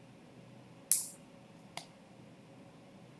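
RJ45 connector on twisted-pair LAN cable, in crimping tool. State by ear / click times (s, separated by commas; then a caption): seated / 0.9 s, 1.8 s. An RJ45 plastic connector on a twisted-pair LAN cable is squeezed in a crimping tool. A sharp, bright click sounds at 0.9 s and a softer second click at 1.8 s over quiet background hiss. The connector is crimped and seated.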